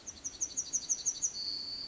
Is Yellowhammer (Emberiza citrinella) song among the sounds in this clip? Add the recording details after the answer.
yes. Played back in forest. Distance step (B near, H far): E. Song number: 124